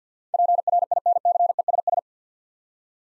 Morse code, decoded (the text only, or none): PRINCESS